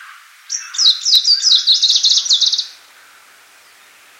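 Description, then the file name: Icterine warbler singing a fast, scratchy phrase of repeated high notes for about two seconds, then falling silent; a soft thump near the end. "peresmeshka zelenaja"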